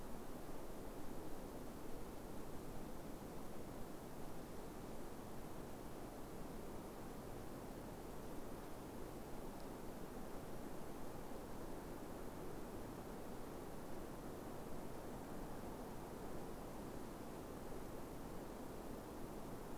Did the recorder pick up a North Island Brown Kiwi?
no